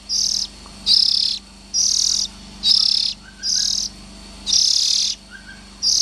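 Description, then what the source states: Oriental magpie-robin producing rough, noisy buzzes in a repeated series, with quiet low chirps in some gaps. Young birds.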